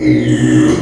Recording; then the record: squeal of a Yucatan mini pig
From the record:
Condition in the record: after surgery on the right vocal fold (resection and tissue-engineered implant); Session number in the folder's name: 2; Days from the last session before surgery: 13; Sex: male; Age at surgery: 12 weeks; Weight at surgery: 13 kg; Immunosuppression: cyclosporine, prednisolone